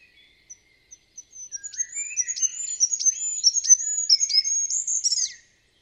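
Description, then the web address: Bird song starting with a few isolated high chips, then building into a dense, rapid sequence of shrill whistles and sharp downslurs before stopping abruptly. "Bird Only"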